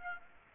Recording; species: mosquito wingbeat signal from an infrared sensor; Aedes aegypti